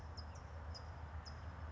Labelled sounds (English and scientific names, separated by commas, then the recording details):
California Towhee (Melozone crissalis)
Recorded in Sonoma County, California